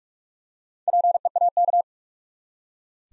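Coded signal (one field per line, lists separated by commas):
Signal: Morse code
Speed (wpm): 44 wpm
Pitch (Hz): 700 Hz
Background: none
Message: PEAK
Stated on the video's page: 45 wpm Morse practice building four-letter words one letter at a time, for instant character recognition.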